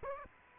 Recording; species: mosquito wingbeat signal from an infrared sensor; Aedes aegypti